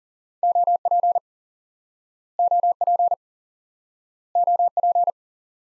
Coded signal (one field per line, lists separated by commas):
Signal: Morse code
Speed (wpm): 38 wpm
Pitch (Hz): 700 Hz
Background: none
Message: OP OP OP